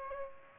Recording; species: mosquito wingbeat signal from an infrared sensor; Aedes aegypti